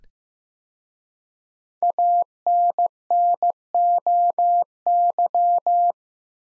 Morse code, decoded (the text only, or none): ANNOY